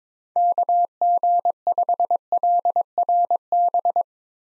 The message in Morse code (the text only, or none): KG5LRB